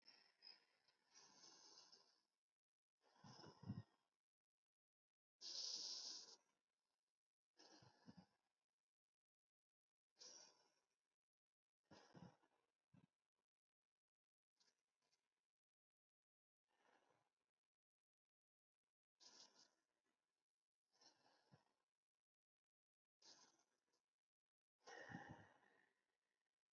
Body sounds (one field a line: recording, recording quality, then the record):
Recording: deep breathing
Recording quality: excellent, no background noise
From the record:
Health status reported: healthy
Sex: male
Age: 59 years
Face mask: not worn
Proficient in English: yes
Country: India